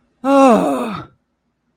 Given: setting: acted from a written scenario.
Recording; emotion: vocal sound without words; relief